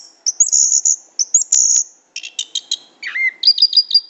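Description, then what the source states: Lovebird calls, high drawn-out whistled squeals followed by a quick series of clipped chirps and a short buzzy trill. Lure call (pikat) used to attract lovebirds.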